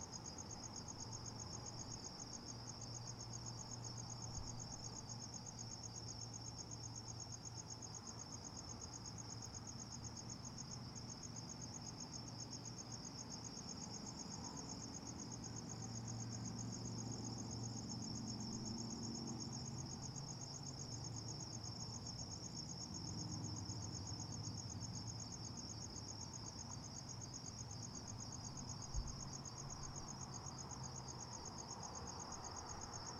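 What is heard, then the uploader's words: Predawn insects trill in a steady, dense, high-pitched band that holds unchanged for the whole stretch. Beneath it runs a low, soft rumble of traffic that swells slightly around the middle, and a single faint click pops near the end. You can also hear the low thrum of air conditioners. Predawn insects.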